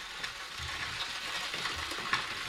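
Harvester ants chewing wood with their mandibles as they dig their galleries and tear off wood chips, picked up by a contact microphone and heavily amplified: a dense, steady crackle of tiny dry clicks and scrapes, like faint sizzling or a rain stick, with a few sharper snaps standing out. No voices.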